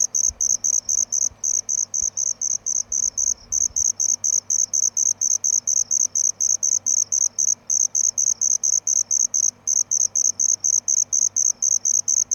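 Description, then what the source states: Crickets giving steady, high-pitched chirps in an unbroken run of many rapid pulses, with a faint low hum beneath. Cricket ambience recorded at night.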